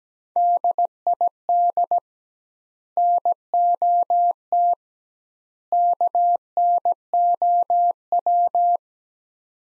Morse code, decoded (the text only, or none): DID NOT KNOW